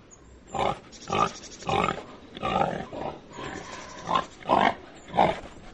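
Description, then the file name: Wild boar grunting in a steady series of several deep rough grunts over faint background noise. "dzik"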